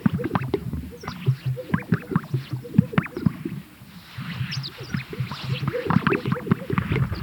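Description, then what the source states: Greater sage-grouse giving repeated low popping and bubbling sounds from several birds, with a short lull midway before the chorus picks up again. Recorded at a lek.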